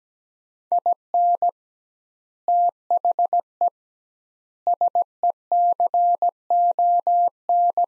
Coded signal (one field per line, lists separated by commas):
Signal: Morse code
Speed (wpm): 17 wpm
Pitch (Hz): 700 Hz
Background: none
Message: IN THE SECON